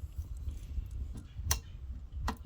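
A metal air hose end is pushed into a quick-connect coupler and clicks into place at 1.5 seconds with a very quiet but audible click. A second sharp click follows at about 2.3 seconds over low background rumble, and the fitting is seated in the coupler.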